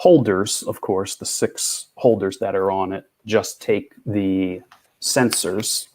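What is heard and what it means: A small sensor breakout board is handled over one of the six slots on a breakout base board, ready to be pushed in, while someone talks throughout. Nothing has seated or clicked yet.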